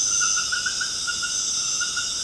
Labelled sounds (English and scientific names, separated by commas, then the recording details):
none
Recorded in dense forest near Puerto Asís, Putumayo, Colombia, on 19 March 2025 at 20:30
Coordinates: 0.481, -76.323
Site G088